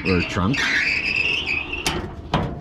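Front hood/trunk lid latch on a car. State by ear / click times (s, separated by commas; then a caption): released / 1.9 s. Someone talks while pressing the release button under the license plate of a classic Chevy Corvair, and the front hood/trunk lid latch pops open with a sharp click at 1.9 s. A second, louder sharp sound follows at about 2.3 s, and the raised lid locks in place.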